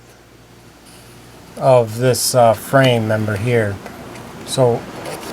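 A panel piece that sits slightly proud of a frame member on an MC9 bus is handled while someone talks over a steady low background hum. The clip ends before the piece is pushed up into place, so nothing has seated or clicked yet.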